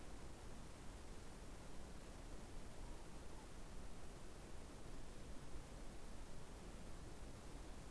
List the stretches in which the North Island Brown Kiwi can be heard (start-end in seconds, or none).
none